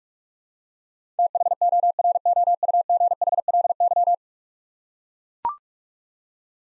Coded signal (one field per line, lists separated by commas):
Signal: Morse code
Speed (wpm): 44 wpm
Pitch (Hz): 700 Hz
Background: none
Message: THOROUGHLY